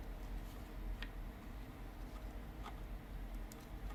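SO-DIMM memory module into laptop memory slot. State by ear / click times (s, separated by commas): not seated / none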